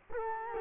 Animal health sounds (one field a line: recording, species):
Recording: mosquito wingbeat signal from an infrared sensor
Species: Culex quinquefasciatus